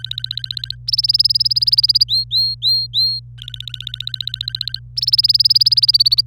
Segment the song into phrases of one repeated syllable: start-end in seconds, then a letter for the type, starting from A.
0.00-0.75 A, 0.88-2.04 B, 2.08-3.19 C, 3.38-4.79 A, 4.97-6.21 B